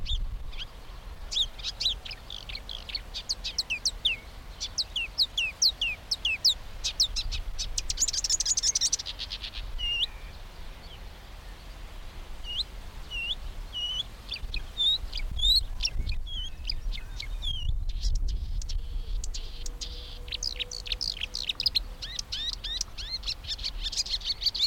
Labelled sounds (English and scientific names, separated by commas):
Marsh Warbler (Acrocephalus palustris)